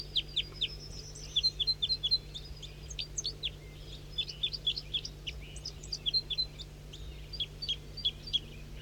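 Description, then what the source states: Red crossbill flight calls: sharp, high kip notes repeated throughout in loose groups, against a faint steady hum. Up in the top of a pine tree, then in flight, at 7:05 a.m.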